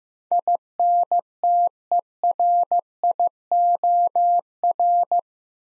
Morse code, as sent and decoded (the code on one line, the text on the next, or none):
.. -. - . .-. .. --- .-.
INTERIOR